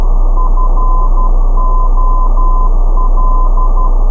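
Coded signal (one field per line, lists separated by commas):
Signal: Morse code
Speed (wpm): 12 wpm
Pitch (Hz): 1020 Hz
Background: none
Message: FOL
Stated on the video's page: VOR/DME navaid ident received in AM mode on 115.750 MHz with a Perseus SDR receiver and dipole antenna.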